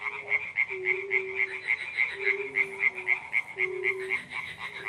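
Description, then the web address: Frogs croaking in a fast, steady chorus of rattling pulses, with longer, lower droning notes repeating underneath. Pond in spring. "zvuki zhivoy prirody vesenniy prud kvakushki"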